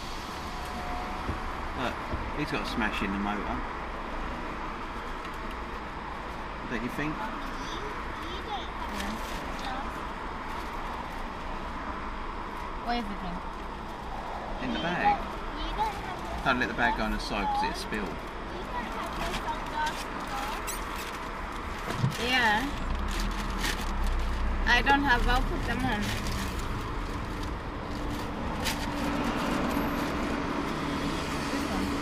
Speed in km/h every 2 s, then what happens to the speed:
0, 0, 0, 0, 0, 0, 0, 0, 0, 0, 0, 2, 11, 10, 3, 0.
0-22 standing. 22-24 pulls away to 11. 26-29 slows to 0. 29-32 standing.